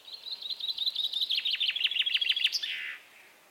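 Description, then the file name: Common chaffinch: brisk, repeated chip notes run together into a falling trill, finished by a short, loud flourish. "Fringilla coelebs"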